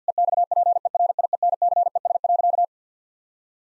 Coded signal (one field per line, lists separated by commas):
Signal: Morse code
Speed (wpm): 50 wpm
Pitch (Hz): 700 Hz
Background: none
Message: EXPERIENCES.